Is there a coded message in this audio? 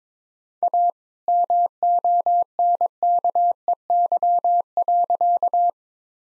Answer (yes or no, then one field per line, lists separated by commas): yes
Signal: Morse code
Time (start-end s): 0.6-5.7 s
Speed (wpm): 22 wpm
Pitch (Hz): 700 Hz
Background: none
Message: A MONKEY.